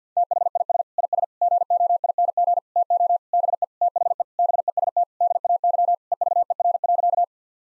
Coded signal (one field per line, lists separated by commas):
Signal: Morse code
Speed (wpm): 50 wpm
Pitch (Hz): 700 Hz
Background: none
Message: THIS IS GOING TO BE THE BEST DAY EVER.